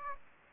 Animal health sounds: mosquito wingbeat signal from an infrared sensor; Aedes aegypti

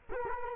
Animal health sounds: mosquito wingbeat signal from an infrared sensor; Culex quinquefasciatus

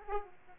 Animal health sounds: mosquito wingbeat signal from an infrared sensor; Aedes aegypti

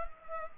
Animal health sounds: mosquito wingbeat signal from an infrared sensor; Culex pipiens

